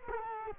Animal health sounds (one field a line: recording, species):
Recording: mosquito wingbeat signal from an infrared sensor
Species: Culex quinquefasciatus